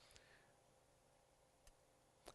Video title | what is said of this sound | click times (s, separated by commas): SpeedCinch for Meniscal Repair | we feel a little click there and then we push the rest of the way through our meniscus | 0.2 s